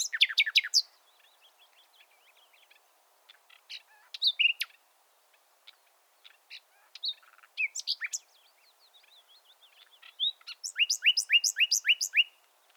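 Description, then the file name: Common nightingale song: scattered twittering notes and short bursts, ending with a loud rapid series of repeated downslurred notes. "Luscinia megarhynchos"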